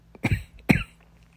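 Two short, harsh cough bursts about half a second apart, from an adult with COVID.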